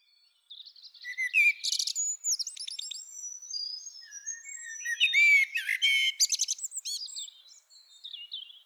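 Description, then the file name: Common blackbird delivering whistled phrases with sliding notes and high squeaky trills in varied warbling. "Turdus merula"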